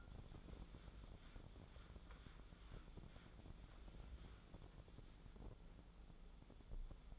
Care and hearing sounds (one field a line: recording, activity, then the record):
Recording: daily activity, microphone in the room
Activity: wipe stove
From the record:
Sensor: 5